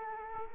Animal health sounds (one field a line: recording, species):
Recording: mosquito wingbeat signal from an infrared sensor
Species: Culex quinquefasciatus